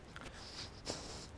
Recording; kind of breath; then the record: one breath in and out by a microphone near the nose and mouth; strong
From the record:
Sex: male